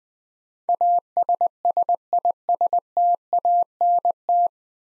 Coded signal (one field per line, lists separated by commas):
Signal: Morse code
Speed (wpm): 20 wpm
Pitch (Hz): 700 Hz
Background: none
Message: ASSISTANT